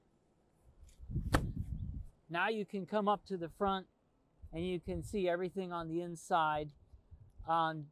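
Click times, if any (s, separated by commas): 1.3 s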